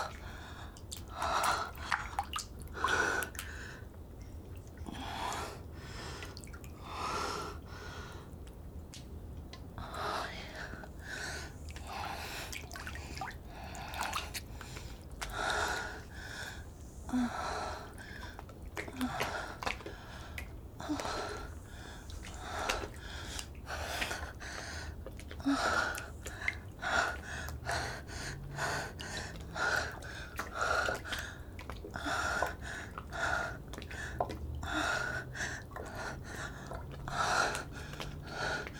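Water laps in quick, irregular splashes that crowd the whole 39 seconds, with a soft low rumble beneath. Faint twilight calls repeat on a steady mid pitch behind the water, and a few brief chirps surface around the middle.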